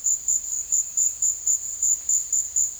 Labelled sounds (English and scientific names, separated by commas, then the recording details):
none
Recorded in secondary vegetation near Puerto Asís, Putumayo, Colombia, on 18 February 2024 at 16:30
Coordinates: 0.481, -76.323
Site G6376